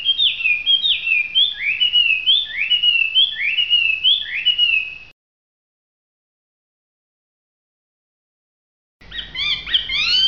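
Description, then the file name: Hwamei song of quick, repeated downslurred whistles in a bouncing series, then silence, then another burst of varied notes. Singing in a lively, vigorous style called gacor. "audio hwamei gacor. omkicau"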